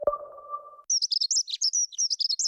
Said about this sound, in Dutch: Word je ook zo blij van de eerste hegemus?